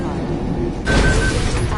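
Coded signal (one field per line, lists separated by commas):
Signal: none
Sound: game hacking device beeps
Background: speech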